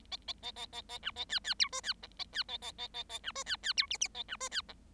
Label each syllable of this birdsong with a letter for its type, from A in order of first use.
A A A A A A B A C C D E C F A C A A A A A B E C C D G G A B E C F